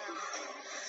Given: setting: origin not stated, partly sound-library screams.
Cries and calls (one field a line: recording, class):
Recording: one-second piece from a danger detection set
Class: woman in danger